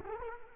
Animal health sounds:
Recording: mosquito wingbeat signal from an infrared sensor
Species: Culex quinquefasciatus

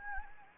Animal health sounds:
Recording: mosquito wingbeat signal from an infrared sensor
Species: Anopheles gambiae

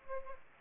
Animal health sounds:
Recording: mosquito wingbeat signal from an infrared sensor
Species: Aedes aegypti

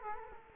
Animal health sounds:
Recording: mosquito wingbeat signal from an infrared sensor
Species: Culex quinquefasciatus

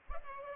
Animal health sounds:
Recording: mosquito wingbeat signal from an infrared sensor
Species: Culex pipiens

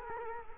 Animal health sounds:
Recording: mosquito wingbeat signal from an infrared sensor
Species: Culex quinquefasciatus

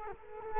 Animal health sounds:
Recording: mosquito wingbeat signal from an infrared sensor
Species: Culex quinquefasciatus

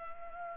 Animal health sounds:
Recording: mosquito wingbeat signal from an infrared sensor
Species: Culex pipiens

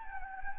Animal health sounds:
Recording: mosquito wingbeat signal from an infrared sensor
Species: Anopheles gambiae

